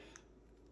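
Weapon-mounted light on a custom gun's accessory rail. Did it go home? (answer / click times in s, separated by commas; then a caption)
no / none. A Surefire weapon light is pushed onto the accessory rail of a handmade custom gun, but the mount is very tight. A brief faint tick at about 0.2 s stands out over a low steady background. The light does not latch, and nothing has seated or clicked yet.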